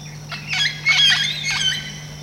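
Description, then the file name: Red-tailed amazon giving harsh, squawking calls in several rough bursts over two seconds, over a steady low electrical hum. Recorded on 17 October 2008 at Rio Negro, Itanhaém, São Paulo, Brazil. "Amazona bras-RNegro-Itanhaem-SPBR-17-10-08-ASilveira"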